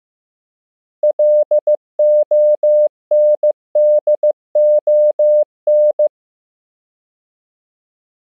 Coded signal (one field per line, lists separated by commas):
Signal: Morse code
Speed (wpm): 15 wpm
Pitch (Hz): 600 Hz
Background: none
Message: LONDON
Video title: Morse Code Practice — World Capitals, 15 WPM